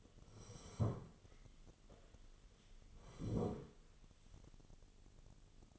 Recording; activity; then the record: daily activity, microphone in the room; sit down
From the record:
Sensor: 4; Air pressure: 1016.1 hPa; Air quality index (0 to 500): 170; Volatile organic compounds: 6 ppm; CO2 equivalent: 1928 ppm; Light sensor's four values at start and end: 9/20/8/7 and 9/20/8/7